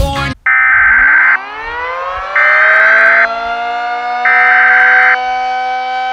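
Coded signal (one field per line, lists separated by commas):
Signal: Emergency Alert System (SAME) tones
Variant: header bursts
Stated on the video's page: Simulated, solo-made EAS scenario of a severe weather outbreak in the Ozarks.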